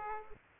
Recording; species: mosquito wingbeat signal from an infrared sensor; Aedes aegypti